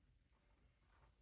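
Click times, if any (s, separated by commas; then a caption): none. A plastic ear piece for the head of a large animatronic Halloween prop is being handled and positioned, meant to snap into place. Only faint, low handling noise is heard over a quiet background. Nothing has seated or clicked yet.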